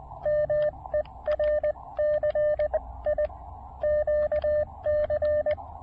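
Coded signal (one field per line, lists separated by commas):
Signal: Morse code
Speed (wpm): 20 wpm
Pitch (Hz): 600 Hz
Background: radio noise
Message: MERCI QC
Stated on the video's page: One watt POTA CW activation, off-trail.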